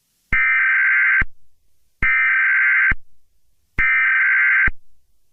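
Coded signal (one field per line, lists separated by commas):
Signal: Emergency Alert System (SAME) tones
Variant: header bursts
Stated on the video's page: Mock Emergency Alert System alert.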